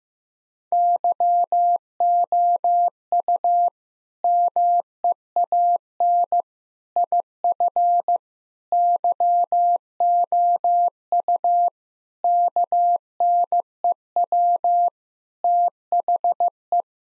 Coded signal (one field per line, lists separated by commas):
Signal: Morse code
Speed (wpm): 15 wpm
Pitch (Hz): 700 Hz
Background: none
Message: YOU MEAN IF YOU KNEW THE